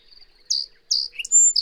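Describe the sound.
Bird song in brief form: two loud downslurred chirps followed by a short rising note and a long sustained high whistle.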